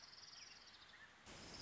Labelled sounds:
Orange-crowned Warbler
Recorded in Sonoma County, California

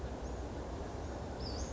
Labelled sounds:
Western Flycatcher
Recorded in Sonoma County, California

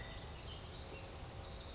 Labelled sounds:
California Quail
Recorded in Sonoma County, California

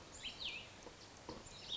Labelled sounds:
Cassin's Vireo
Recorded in Sonoma County, California

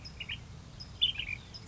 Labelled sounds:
Ash-throated Flycatcher
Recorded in Sonoma County, California

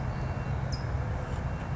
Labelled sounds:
California Towhee
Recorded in Sonoma County, California

